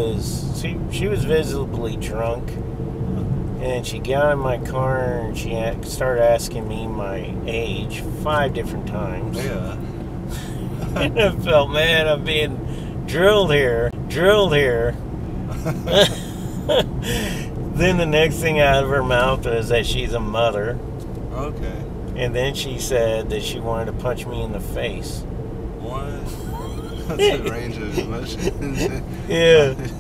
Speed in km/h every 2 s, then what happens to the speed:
50, 52, 53, 53, 53, 53, 53, 52, 52, 52, 53, 53, 53, 53, 52.
0-30 steady at about 53.